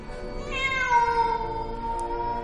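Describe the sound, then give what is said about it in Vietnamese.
A single long, drawn-out meow from a wild cat perched on a tree branch, wavering and mournful, its pitch slowly sliding downward as it fades over about two seconds, heard alone without any talking. “Bỗng một trong những bóng đen đó lại kêu lên một tiếng ngao thảm thiết.”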